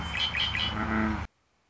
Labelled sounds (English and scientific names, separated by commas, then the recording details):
Red-winged Blackbird (Agelaius phoeniceus)
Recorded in Sonoma County, California